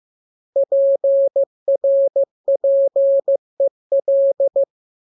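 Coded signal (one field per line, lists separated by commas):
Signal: Morse code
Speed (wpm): 15 wpm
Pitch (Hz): 550 Hz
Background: none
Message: PRPEL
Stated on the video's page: Morse lesson 15 on letters KMURESNAPTLWI.JZ; each radiogram opens with VVV and a section sign and ends with AR.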